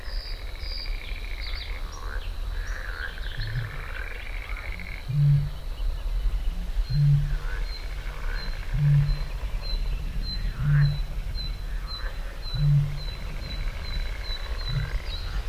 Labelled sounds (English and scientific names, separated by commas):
Bluethroat (Luscinia svecica) song